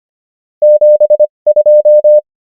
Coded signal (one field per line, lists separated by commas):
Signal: Morse code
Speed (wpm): 25 wpm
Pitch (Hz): 600 Hz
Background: none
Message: 72